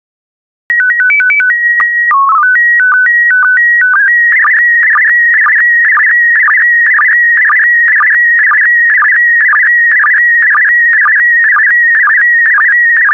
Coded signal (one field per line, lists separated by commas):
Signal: SSTV (slow-scan television)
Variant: PD 120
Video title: 91088 Fruits and Vegetables SSTV PD120